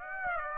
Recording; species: mosquito wingbeat signal from an infrared sensor; Aedes aegypti